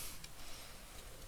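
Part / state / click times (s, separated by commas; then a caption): plastic cover into printer ink tube holder / not seated / none. A plastic cover removed earlier is being refitted onto the ink tube holder of an Epson L3210 Series printer, as part of fixing a no-printout problem. Quiet handling noise is heard, with a brief sharp tick at 0.2 s. Nothing has seated or clicked yet.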